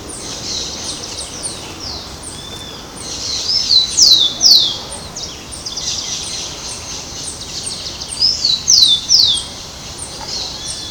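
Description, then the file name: Rufous-collared sparrow singing two phrases of sharp, falling whistled notes, each phrase three or four notes, against a constant high-pitched background hiss. Recorded in São Paulo, Brazil. "Zonotrichia capensis Ibirapuera SP BR. ASilveira"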